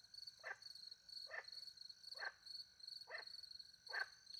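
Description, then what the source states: Frog repeating a clipped, raspy croak five times, roughly once a second, against a dense rhythmic cricket chirping. Frogs with crickets in the countryside by night, France; microphones hidden in a tree close to a little pond; recorded with two Usi Pro mics into a MixPre-10 II.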